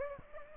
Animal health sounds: mosquito wingbeat signal from an infrared sensor; Aedes aegypti

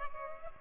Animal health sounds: mosquito wingbeat signal from an infrared sensor; Culex pipiens

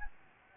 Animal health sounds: mosquito wingbeat signal from an infrared sensor; Anopheles gambiae

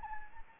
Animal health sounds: mosquito wingbeat signal from an infrared sensor; Anopheles gambiae

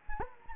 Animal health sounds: mosquito wingbeat signal from an infrared sensor; Anopheles gambiae

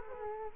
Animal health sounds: mosquito wingbeat signal from an infrared sensor; Culex quinquefasciatus

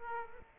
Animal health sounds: mosquito wingbeat signal from an infrared sensor; Aedes aegypti

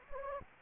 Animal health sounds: mosquito wingbeat signal from an infrared sensor; Anopheles gambiae

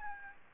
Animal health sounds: mosquito wingbeat signal from an infrared sensor; Aedes albopictus

